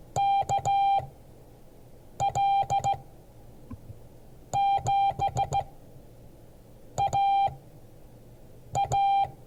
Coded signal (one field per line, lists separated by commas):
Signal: Morse code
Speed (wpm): 15 wpm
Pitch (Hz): 790 Hz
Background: none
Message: KL7AA